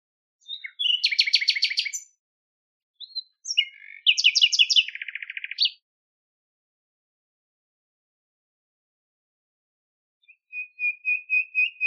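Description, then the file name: Common nightingale song: a rapid rattling trill of repeated notes, then a burst of varied chirps and a buzzy run, later a pure whistled note repeated in a steady pulse. "nachtigall"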